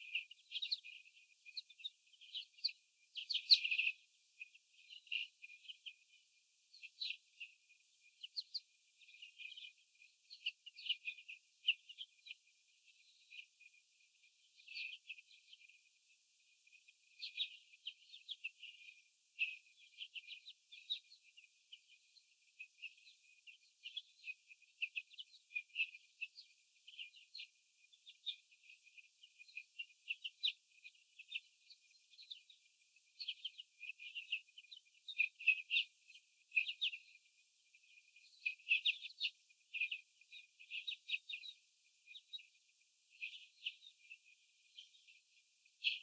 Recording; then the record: young laying hens in a cage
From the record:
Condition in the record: after the stressor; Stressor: sudden umbrella opening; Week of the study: 3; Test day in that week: 2